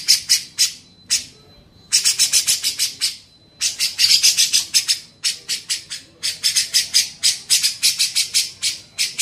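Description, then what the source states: Grey-cheeked bulbul song in bursts of rapid rasping chatter, separated by pauses, with a faint steady high hum between phrases. Training song (masteran) for songbirds.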